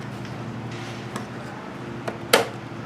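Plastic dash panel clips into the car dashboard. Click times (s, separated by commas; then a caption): 2.3 s. A plastic dash trim panel is pressed down into a car dashboard with its clips lined up. Faint taps at 1.2 s and 2.1 s lead to a sharp, loud snap at 2.3 s as the clips click home and the panel is seated, over a steady low hum.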